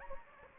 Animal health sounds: mosquito wingbeat signal from an infrared sensor; Anopheles gambiae

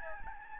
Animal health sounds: mosquito wingbeat signal from an infrared sensor; Aedes albopictus

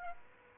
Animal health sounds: mosquito wingbeat signal from an infrared sensor; Aedes aegypti

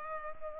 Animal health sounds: mosquito wingbeat signal from an infrared sensor; Culex pipiens

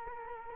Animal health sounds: mosquito wingbeat signal from an infrared sensor; Culex quinquefasciatus

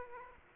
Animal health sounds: mosquito wingbeat signal from an infrared sensor; Aedes aegypti

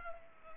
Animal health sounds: mosquito wingbeat signal from an infrared sensor; Culex pipiens

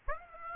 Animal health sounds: mosquito wingbeat signal from an infrared sensor; Aedes aegypti

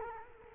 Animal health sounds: mosquito wingbeat signal from an infrared sensor; Culex quinquefasciatus

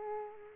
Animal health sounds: mosquito wingbeat signal from an infrared sensor; Aedes aegypti

